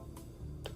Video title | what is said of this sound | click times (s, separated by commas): Trying the NEW Fenty Skin Hydra Vizor Huez Tinted Moisturizer Mineral SPF 30 Sunscreen | little thing for the Tinted Moisturizer wait for the click there we go | 0.7 s